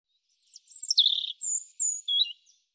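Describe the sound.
European robin song phrase: a short run of high, sweet whistled notes sliding up and down, on a silent background.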